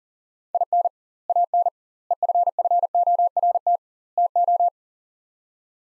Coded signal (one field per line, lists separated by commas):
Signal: Morse code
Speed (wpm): 40 wpm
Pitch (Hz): 700 Hz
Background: none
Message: IN AN EFFORT TO